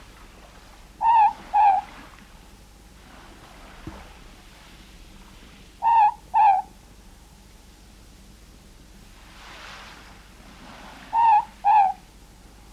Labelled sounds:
Morepork
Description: Morepork/ruru song
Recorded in New Zealand

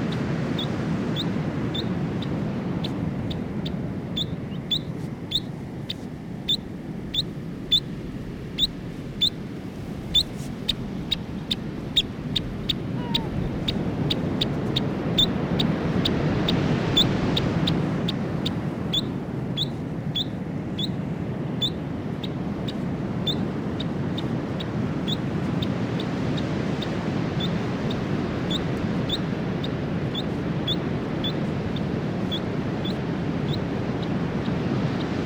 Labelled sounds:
New Zealand Dotterel
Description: New Zealand dotterel/tūturiwhatu song
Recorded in New Zealand

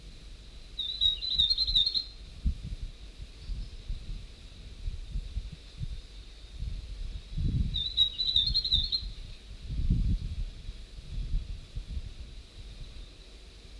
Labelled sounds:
Tomtit
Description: North Island tomtit song
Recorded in New Zealand

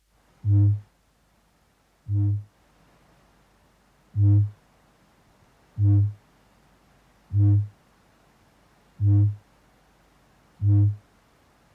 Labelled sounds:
Kākāpō
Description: Kākāpō male 'booms'
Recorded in New Zealand

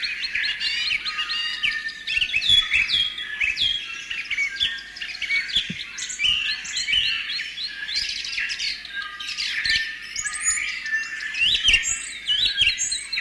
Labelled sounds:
New Zealand Bellbird
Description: Dawn chorus with bellbird/korimako in the foreground
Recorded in New Zealand

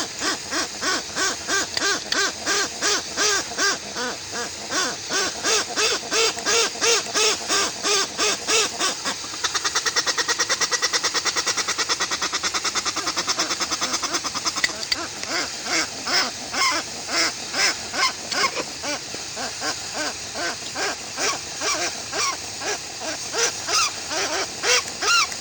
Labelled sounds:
Westland Petrel
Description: Westland petrel/tāiko song
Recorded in New Zealand

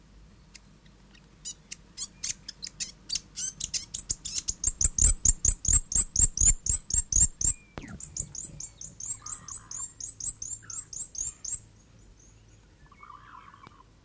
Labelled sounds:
New Zealand Fantail
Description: Fantail: South Island fantail
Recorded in New Zealand

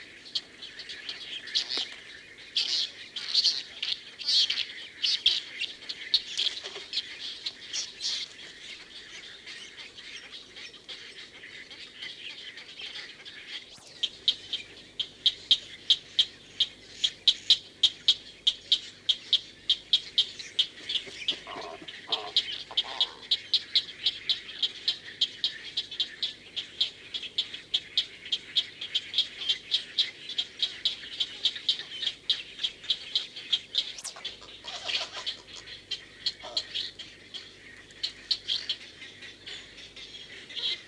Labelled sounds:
Great Egret
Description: White heron/kōtuku song
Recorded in New Zealand

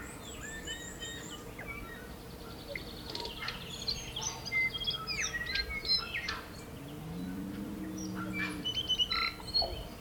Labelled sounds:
Tūī
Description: Dawn chorus with tūī in the foreground
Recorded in New Zealand

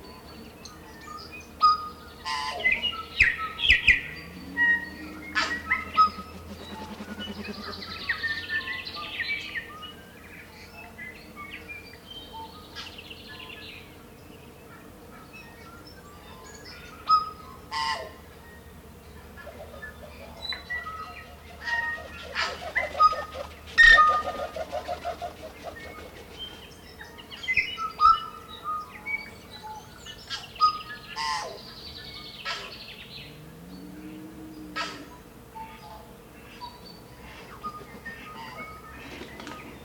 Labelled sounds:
Tūī
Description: Dawn chorus with tūī in the foreground
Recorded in New Zealand

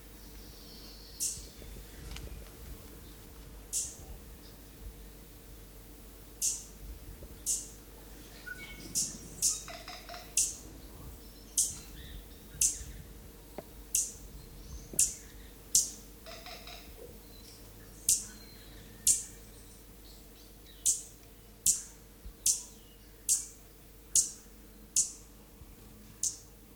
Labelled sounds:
Stitchbird
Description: Hihi/stitchbird song
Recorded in New Zealand

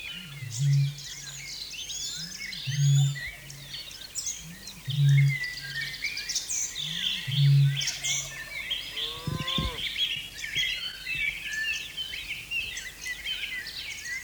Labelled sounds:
Australasian Bittern
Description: Australasian bittern/matuku-hūrepo territorial call
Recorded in New Zealand

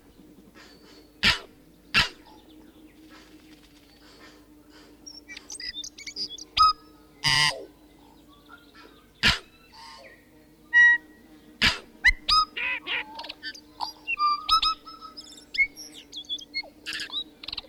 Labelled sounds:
Tūī
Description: Tūī communication calls
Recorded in New Zealand

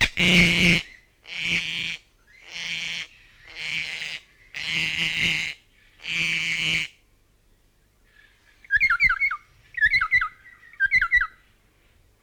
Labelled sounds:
Kākā
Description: Kākā: North Island kākā song
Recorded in New Zealand

